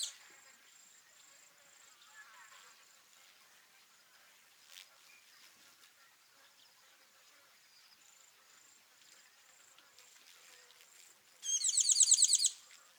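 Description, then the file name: Tinkling cisticola call: a long stretch of faint high hiss and ticks, then one loud, rapid rattling trill of tinkling notes near the end. Call; Kawelwa, Zambia, 12 December 2021. "Tinkling-Cisticola-call-ZM-Kawelwa-211212"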